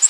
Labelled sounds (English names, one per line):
Nashville Warbler flight call